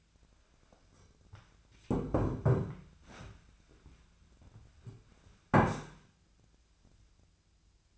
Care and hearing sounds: daily activity, microphone in the room; sit down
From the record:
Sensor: 2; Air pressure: 1008.0 hPa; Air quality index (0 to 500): 181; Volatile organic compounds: 10 ppm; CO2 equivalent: 2221 ppm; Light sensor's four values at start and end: 11/26/11/11 and 11/26/11/11

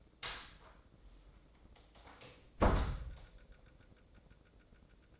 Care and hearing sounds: daily activity, microphone in the room; close door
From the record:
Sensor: 3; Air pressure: 1012.3 hPa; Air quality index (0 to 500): 182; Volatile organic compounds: 3 ppm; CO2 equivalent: 1390 ppm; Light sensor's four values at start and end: 502/1248/514/523 and 497/1233/508/516

